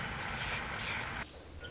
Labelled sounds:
Red-winged Blackbird
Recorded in Sonoma County, California

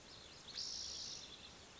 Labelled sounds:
Spotted Towhee
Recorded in Sonoma County, California

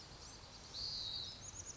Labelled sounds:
Pacific Wren
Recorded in Sonoma County, California

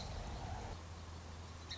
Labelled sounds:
Song Sparrow
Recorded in Sonoma County, California

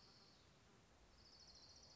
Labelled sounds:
Orange-crowned Warbler
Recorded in Sonoma County, California

